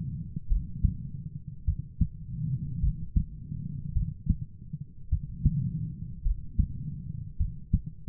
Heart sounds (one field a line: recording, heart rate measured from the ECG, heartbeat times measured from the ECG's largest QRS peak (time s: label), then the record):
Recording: heart sounds by stethoscope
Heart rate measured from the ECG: 52 bpm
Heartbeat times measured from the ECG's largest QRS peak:
0.47 s: heartbeat
1.64 s: heartbeat
2.79 s: heartbeat
3.92 s: heartbeat
5.08 s: heartbeat
6.22 s: heartbeat
7.36 s: heartbeat
From the record:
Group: heart failure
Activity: rest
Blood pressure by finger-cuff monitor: 76/42 mmHg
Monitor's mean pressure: 54 mmHg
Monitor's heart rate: 52 bpm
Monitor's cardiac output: 4.4 L/min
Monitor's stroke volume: 85 mL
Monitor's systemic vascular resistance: 840 dyn s/cm5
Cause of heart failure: dilated cardiomyopathy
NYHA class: 3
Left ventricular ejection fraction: 27%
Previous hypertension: present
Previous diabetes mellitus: present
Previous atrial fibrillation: present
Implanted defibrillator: present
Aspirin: present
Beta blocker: bisoprolol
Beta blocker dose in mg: 1.25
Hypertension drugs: sacubitril-valsartan, spironolactone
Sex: female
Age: 39 years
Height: 170 cm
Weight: 64 kg